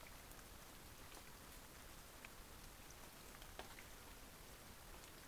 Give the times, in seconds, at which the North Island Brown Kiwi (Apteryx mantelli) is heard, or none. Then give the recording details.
none. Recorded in New Zealand on 20 November 2013. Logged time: 22:29. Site CH69